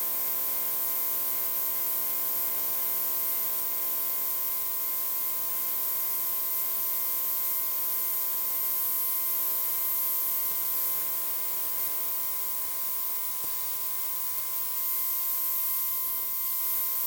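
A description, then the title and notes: A cable modem hums as it starts up, giving off a steady hiss of static with a cluster of thin, constant whines layered through the middle and upper range. The sound stays even throughout, with a faint brief click near thirteen seconds. Motorola SB5102 Cable Modem Starting Up. A series of recordings performed with an Elektrosluch 3 active induction microphone.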